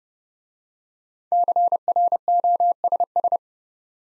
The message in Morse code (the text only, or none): CROSS